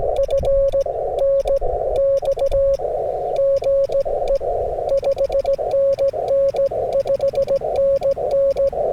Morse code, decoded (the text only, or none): F N X GE 5NN 5NN